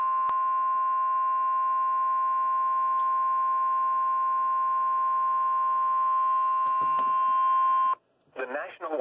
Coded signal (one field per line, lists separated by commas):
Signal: Emergency Alert System (SAME) tones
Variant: 1050 Hz attention tone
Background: speech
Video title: EAS #25 SVR #302 for Genesee, Livingston, and Shiawasse MI